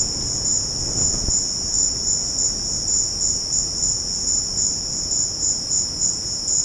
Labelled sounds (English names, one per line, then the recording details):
none
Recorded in secondary vegetation near Puerto Asís, Putumayo, Colombia, on 12 March 2025 at 14:30
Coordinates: 0.481, -76.318
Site G097